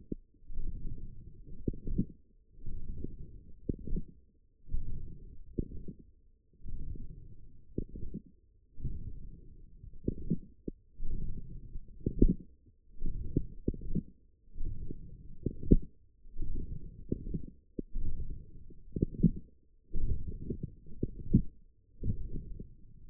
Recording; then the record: forearm muscle sounds (acoustic myography)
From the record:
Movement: forearm pronation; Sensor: system 1, eight BSWA MPA416 microphones around the upper forearm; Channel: 1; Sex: female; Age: 22 years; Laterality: right